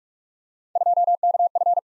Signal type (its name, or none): Morse code